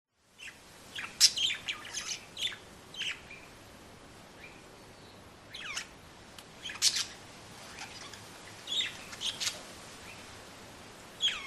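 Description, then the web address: Parrot calls in irregular bursts of high, harsh chirps and screeches, separated by pauses filled with wind noise. Two parrots chirping in the street, strong wind in the trees. "dos loros gorjean en la calle fuerte viento en los arboles"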